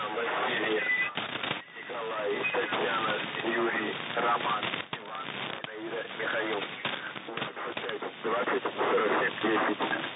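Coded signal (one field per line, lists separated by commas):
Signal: coded military voice message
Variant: Russian, The Pip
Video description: "The Pip" is a Russian military radiostation that broadcasts on 5448 kHz at daytie and 3756 kHz at nighttime.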